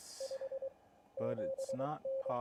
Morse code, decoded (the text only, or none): 57N